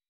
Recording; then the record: hydrophone in a shrimp aquaculture tank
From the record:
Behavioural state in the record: weakened